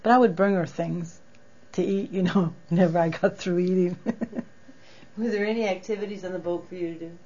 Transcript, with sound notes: But I would bring her things to eat, you know, whenever I got through eating. (She laughs)
Were there any activities on the boat for you to do?